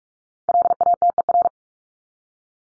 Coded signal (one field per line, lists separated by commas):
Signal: Morse code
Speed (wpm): 44 wpm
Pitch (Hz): 700 Hz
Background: none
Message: LATER